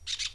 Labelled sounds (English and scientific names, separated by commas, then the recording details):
Brown-throated Parakeet (Eupsittula pertinax) contact call
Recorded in Venezuela
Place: PN Cerro Saroche, Tierras del Sr. Polo, Edo. Lara
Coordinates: 10.171, -69.518